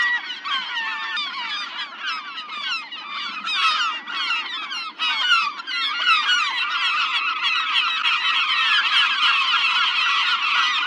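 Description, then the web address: Gulls calling in a dense chorus, many overlapping shrill, squealing and yelping calls rising and falling without pause, with the flock growing louder toward the end. "seagulls"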